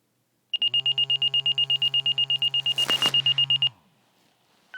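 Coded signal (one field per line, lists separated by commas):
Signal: pager alert tone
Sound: fast high-pitched beeping, about 25 beeps in three seconds, over a low hum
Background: electrical hum, handling noise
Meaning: Pager alert sounding after a daily test activation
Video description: Daily pager tones going off. skip to :45 cause they were late on the test.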